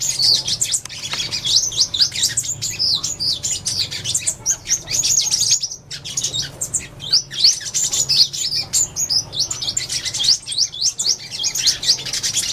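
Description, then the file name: Sunbird song, a long stretch of busy high twittering with quick sharp chirps and brief pauses, keeping up a lively, restless rhythm throughout. Song of the sunbird known in Vietnamese as 'hút mật 5 màu' (five-coloured sunbird). "Tieng-hut-mat-5-mau-hot"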